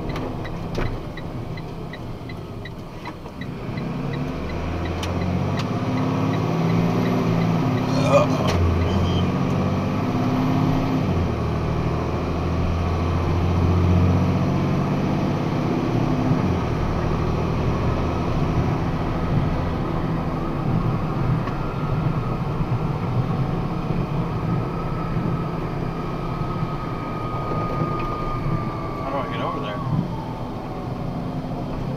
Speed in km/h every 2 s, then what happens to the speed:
25, 19, 27, 39, 48, 58, 65, 73, 78, 81, 82, 78, 76, 72, 67, 56.
1-17 speeds up to 81. 21-32 slows to 56.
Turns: 0-6.